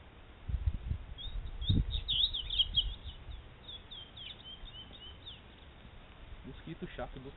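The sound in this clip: Double-collared seedeater song, a run of quick high chirping notes through the middle seconds, with low thumping noise underneath and softer notes near the end.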